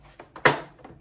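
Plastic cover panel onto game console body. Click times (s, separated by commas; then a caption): 0.5 s. A plastic side cover panel is refitted onto a PS5 Slim console body after the disc drive install has been shown. A faint tick at 0.4 s leads into a sharp, bright snap at 0.5 s as the panel clicks into place, followed by a short fading rattle. The cover is seated.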